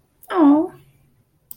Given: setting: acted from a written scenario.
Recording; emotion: vocal sound without words; adoration